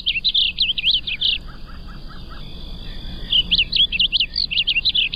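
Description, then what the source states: Blue Grosbeak song: two quick warbled phrases of high, jumbled notes separated by a pause of about two seconds, with faint lower chirps in between. Nests across most of the southern half of the United States and into northern Mexico; range expanding northward.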